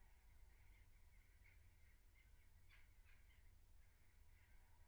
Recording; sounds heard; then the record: poultry house recording; no chicken sound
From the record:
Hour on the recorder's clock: 15